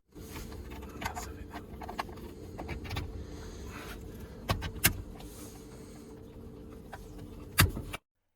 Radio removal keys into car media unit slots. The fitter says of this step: They are inserted with the straight side facing outward until you hear a click.